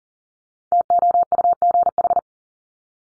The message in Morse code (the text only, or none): TOUGH